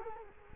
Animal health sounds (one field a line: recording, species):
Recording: mosquito wingbeat signal from an infrared sensor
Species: Culex quinquefasciatus